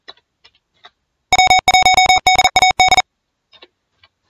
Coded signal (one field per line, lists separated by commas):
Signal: Morse code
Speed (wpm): 38 wpm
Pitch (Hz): 740 Hz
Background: none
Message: W1DAD